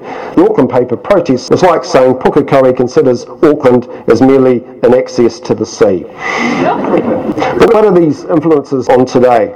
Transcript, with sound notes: The Auckland paper protest is like saying ‘Pukekohe considers Auckland as merely an access to the sea.’ [Chuckles] But what are these influences on today?